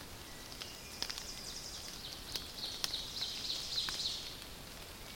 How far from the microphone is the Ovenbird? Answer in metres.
about 50 m